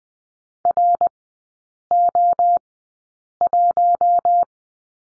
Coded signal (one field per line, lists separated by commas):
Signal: Morse code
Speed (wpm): 20 wpm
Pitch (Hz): 700 Hz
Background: none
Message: RO1